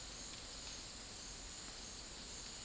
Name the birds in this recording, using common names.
none